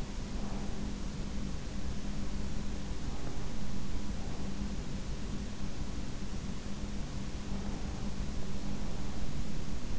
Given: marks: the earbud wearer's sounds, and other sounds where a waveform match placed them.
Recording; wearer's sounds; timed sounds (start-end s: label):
sounds in sleep by an in-ear microphone; breath
0.00-1.20 s: breath